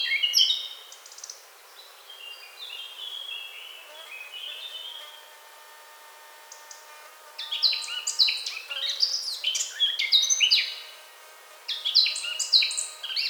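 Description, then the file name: Eurasian blackcap song: a rich warble with falling whistled notes, a quiet pause with faint steady tones, then renewed fast, high warbling. "Sylvia atricapilla"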